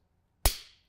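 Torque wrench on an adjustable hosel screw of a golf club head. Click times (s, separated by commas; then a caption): 0.5 s. A metal torque wrench turns clockwise to tighten the screw of a Titleist SureFit adjustable hosel on a golf club head. It gives a single sharp click at 0.5 s (0.46 s), which fades out by about 0.8 s. The wrench has reached its preset torque and the screw is tightened.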